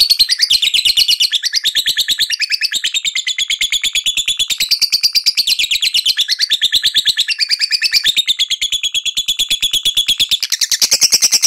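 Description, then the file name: Lovebird in sustained rapid trilling, a shrill stuttering chatter that rises and falls in pitch, running on continuously with no break. Lovebird singing in the ngekek style, a long trilling song, described as "auto gacor" (singing readily and vigorously). "suara burung lovebird ngekek auto gacor"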